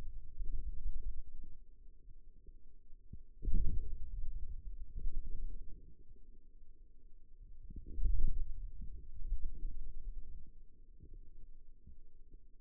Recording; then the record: forearm muscle sounds (acoustic myography)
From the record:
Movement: wrist extension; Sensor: system 2, bracelet of six BSWA MPA416 microphones around the upper forearm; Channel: 3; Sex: male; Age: 22 years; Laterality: right